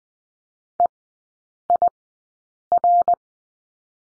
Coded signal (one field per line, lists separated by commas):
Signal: Morse code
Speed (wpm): 20 wpm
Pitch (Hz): 700 Hz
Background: none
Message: EIR